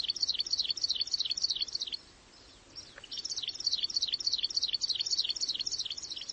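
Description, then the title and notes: Plain prinia repeating rapid, high notes in a long even run, stopping for about a second, then starting again at the same pace. "Prenjak Sawah. Suara Burung Prenjak"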